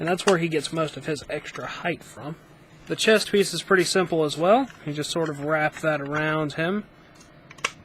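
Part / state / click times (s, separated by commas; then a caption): plastic chest armor piece onto action figure / seated / 7.7 s. Someone talks while a plastic chest armor piece is wrapped around an action figure and its pegs are pressed into the little holes. A few faint plastic clicks lead into a sharp snap at 7.7 s as the armor seats together.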